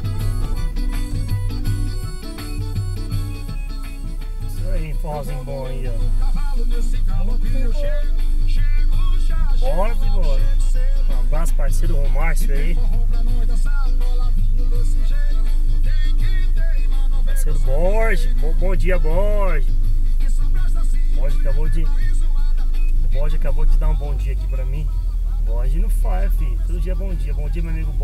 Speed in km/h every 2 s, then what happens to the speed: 22, 15, 10, 3, 0, 0, 0, 0, 0, 0, 0, 0, 13, 19.
0-7 slows to 0. 7-22 standing. 22-28 pulls away to 19.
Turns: none.